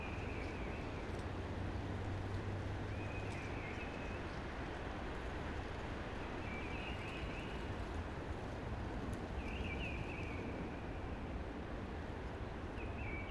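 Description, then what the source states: Eurasian blackbird song: several warbled fluting phrases with pauses between, under a continuous rushing hiss of wind through trees. Blackbird singing early, amongst conifers with a hushing sound.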